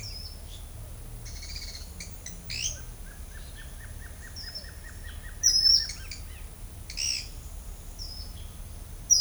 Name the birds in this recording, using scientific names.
Tolmomyias flaviventris, Atalotriccus pilaris